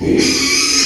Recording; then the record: squeal of a Yucatan mini pig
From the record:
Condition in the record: after surgery on the right vocal fold (resection and tissue-engineered implant); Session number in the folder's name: 2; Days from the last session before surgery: 13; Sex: male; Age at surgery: 12 weeks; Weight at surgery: 13 kg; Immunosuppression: cyclosporine, prednisolone